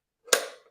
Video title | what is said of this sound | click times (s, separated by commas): How to film fashion videos | get a nice satisfying click there | 0.3 s